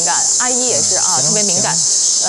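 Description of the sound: A steady, shrill, high-pitched buzzing runs through the whole clip, like cicadas in summer, while a voice talks underneath. It is a simulated cicada-type tinnitus sound, the kind of constant ringing or buzzing that some people with tinnitus hear.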